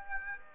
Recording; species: mosquito wingbeat signal from an infrared sensor; Aedes aegypti